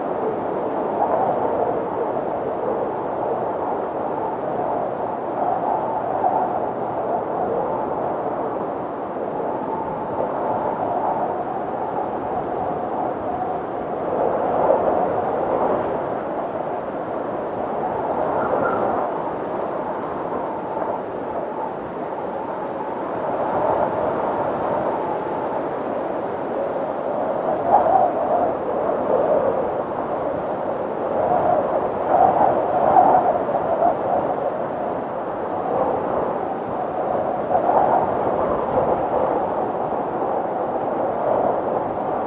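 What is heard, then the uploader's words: Autumn wind storm howling through trees, a steady dense roar with a mid-pitched whine, swelling in gusts around 15, 28 and 33 seconds. Autumn Wind Storm. The howling of the wind as it rushes through the trees.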